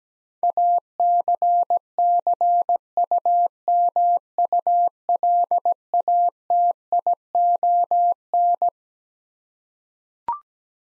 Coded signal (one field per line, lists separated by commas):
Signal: Morse code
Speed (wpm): 17 wpm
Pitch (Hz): 700 Hz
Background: none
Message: ACCUMULATION